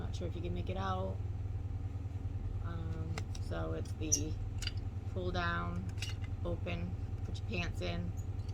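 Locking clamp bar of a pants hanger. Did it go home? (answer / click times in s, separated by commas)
no / none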